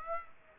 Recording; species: mosquito wingbeat signal from an infrared sensor; Aedes aegypti